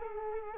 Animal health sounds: mosquito wingbeat signal from an infrared sensor; Culex quinquefasciatus

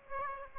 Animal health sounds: mosquito wingbeat signal from an infrared sensor; Aedes aegypti

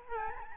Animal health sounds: mosquito wingbeat signal from an infrared sensor; Aedes albopictus

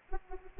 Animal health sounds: mosquito wingbeat signal from an infrared sensor; Anopheles arabiensis

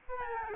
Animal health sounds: mosquito wingbeat signal from an infrared sensor; Aedes albopictus

